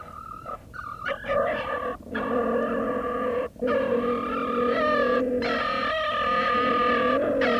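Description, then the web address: Beech marten mating call: a sustained wavering, whining tone with rich harmonics, broken by several short gaps throughout. Recorded during mating. "karlammann. Steinmarder paarung"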